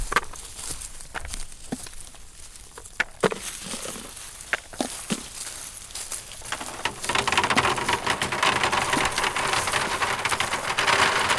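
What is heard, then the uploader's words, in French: Sounds from chestnut-growing work blend with the surrounding soundscape. For the first seven seconds, scattered sharp taps and clicks fall irregularly over a quiet backdrop. Then a dense, bright rustling hiss swells up and continues steadily, like rain, to the end. Un voyage au coeur de la châtaigneraie au fil des quatre saisons. Un jeu entre les paysages sonores et les sons liés à la pratique de la castanéiculture.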